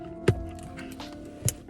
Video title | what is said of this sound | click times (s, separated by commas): Honda Insight 2010–2014 CarPlay Upgrade - Full Before & After | Make sure you hear the click so you know it's in. | 1.5 s